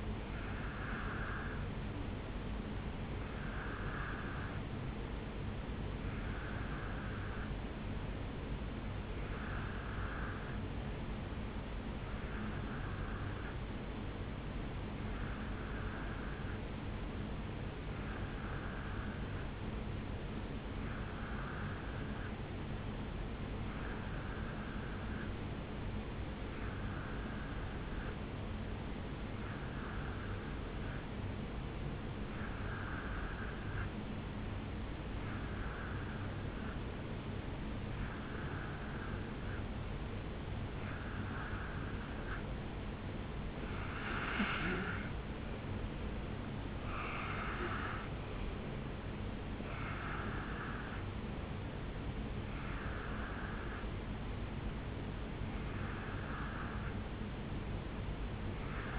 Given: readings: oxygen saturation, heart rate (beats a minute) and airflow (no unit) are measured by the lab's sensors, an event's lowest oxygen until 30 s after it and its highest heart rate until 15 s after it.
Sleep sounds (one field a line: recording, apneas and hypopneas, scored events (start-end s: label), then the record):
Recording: breathing in sleep by a voice recorder at the bedside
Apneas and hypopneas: none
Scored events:
none scored
From the record:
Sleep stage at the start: N2 (light sleep)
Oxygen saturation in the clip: 88 to 91%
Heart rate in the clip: 63 to 70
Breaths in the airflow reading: 20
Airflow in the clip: -5.9 to 4.2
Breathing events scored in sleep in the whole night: 449 in 7.0 hours asleep